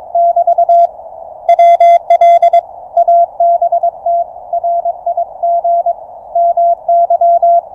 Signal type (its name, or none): Morse code